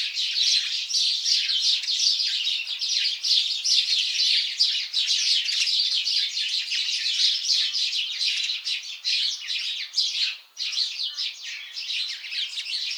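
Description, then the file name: House sparrows in a busy chorus, countless overlapping short chirps and cheeps running without a break, with one brief dip in the din near the tenth second. "Passer domesticus"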